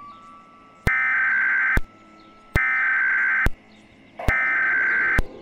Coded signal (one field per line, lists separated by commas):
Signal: Emergency Alert System (SAME) tones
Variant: header bursts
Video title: EAS Scenario - The Wildcard of Nature (REMASTERED)